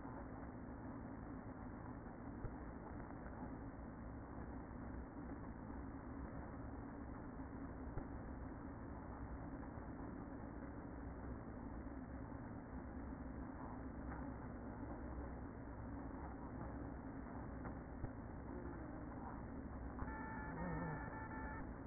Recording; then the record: honeybee colony, microphone inside the hive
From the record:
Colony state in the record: queen present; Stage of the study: after two queens were removed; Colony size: about 60,000 bees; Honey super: yes